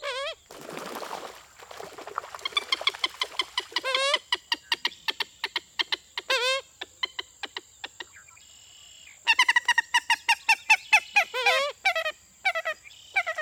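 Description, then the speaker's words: Common Moorhens giving loud, nasal, rapidly repeated clucking notes that break into harsh descending laugh-like outbursts, with brief pauses between bursts. Two pairs of common moorhens squabbling in a southern marsh at Lacassine Pool; nasal calls and a laugh-like outburst thought to relate to territorial aggression; caught mid-encounter. "I love the nasal calls of moorhens, especially their laugh-like outburst, which I believe has to do with territorial aggression."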